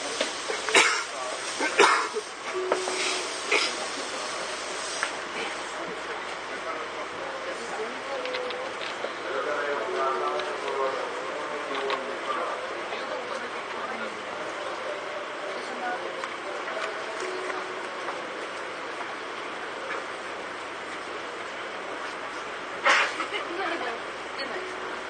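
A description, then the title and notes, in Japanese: A Tobu 9000 series train runs with a steady, dense rumble and faint whine, sharp knocks near the start and around twenty-three seconds. 東武9000系 小竹向原ー日吉。東京メトロ副都心線→東急東横線の区間で録音。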